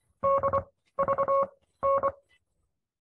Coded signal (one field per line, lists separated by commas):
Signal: Morse code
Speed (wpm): 24 wpm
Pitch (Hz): 1100 Hz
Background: none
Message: DVN